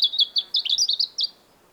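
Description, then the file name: European robin song: one rapid phrase of high, sweet, tinkling notes, slightly rising, run together for just over a second. "Erithacus rubecula"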